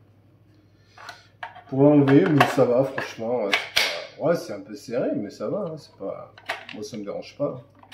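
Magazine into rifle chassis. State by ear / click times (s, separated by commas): not seated / none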